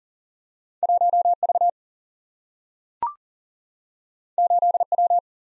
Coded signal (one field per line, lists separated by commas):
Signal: Morse code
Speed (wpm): 42 wpm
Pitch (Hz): 700 Hz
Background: none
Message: 1V 8W